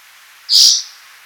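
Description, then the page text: Spotted forktail call: one short, sharp, high-pitched screech lasting about a third of a second, over a faint steady hiss. "Spotted Forktail Call Sound Effect. Quick Sounds"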